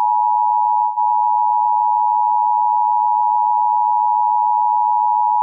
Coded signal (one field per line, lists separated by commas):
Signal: Emergency Alert System (SAME) tones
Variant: 853 and 960 Hz attention tone